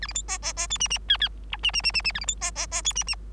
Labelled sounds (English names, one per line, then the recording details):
Bengalese Finch song
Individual Bird3